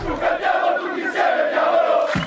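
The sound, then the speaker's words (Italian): A large crowd of about 5,000 football fans welcoming AC Milan at the team's first training camp gathering cheers and shouts, a dense, continuous roar of overlapping voices that stays loud and steady for a couple of seconds, with a brief low thump near the end. “Qualche voce tra i 5.000 che ieri hanno accolto il Milan al primo raduno senza Silvio Berlusconi”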